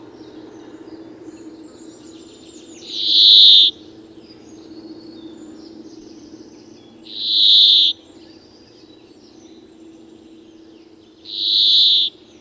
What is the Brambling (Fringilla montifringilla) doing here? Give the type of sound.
song